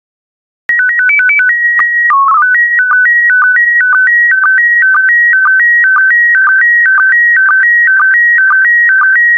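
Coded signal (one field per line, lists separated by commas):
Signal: SSTV (slow-scan television)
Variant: PD 120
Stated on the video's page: SSTV PD120 images of barnyard animals, generated for daily decoding practice.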